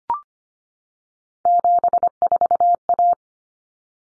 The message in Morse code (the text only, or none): 74A